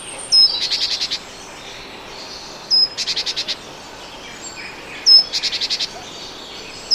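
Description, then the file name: Great tit call: three phrases, each a high piercing note then five or six harsh, evenly spaced churring notes. "Parus major"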